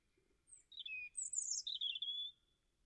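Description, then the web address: European robin with a short, rich phrase of high thin whistles running into a tumbling warble and ending in a drawn-out note, heard alone. "Deverinetal 2025"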